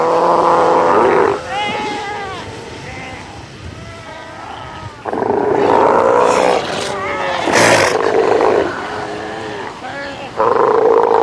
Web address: earth naturelibrary. south american sea lion